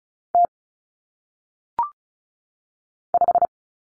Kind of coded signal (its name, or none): Morse code